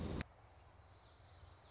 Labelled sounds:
Common Yellowthroat
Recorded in Sonoma County, California

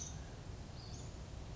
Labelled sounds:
Western Flycatcher
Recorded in Sonoma County, California

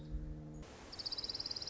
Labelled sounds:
Orange-crowned Warbler
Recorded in Sonoma County, California

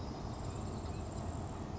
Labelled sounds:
Grasshopper Sparrow
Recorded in Sonoma County, California

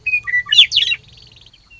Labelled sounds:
Western Meadowlark
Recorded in Sonoma County, California

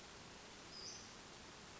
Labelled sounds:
Western Flycatcher
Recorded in Sonoma County, California

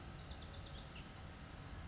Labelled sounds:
Bewick's Wren
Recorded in Sonoma County, California

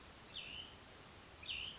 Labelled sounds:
Cassin's Vireo
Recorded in Sonoma County, California

